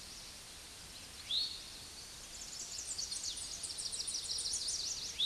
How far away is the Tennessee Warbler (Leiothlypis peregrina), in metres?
about 50 m